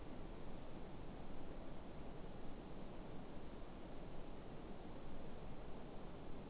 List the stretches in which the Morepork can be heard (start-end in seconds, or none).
none